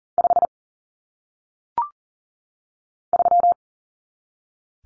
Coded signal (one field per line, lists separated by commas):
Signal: Morse code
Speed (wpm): 40 wpm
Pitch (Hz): 700 Hz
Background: none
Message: 5 3